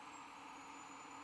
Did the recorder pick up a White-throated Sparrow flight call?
no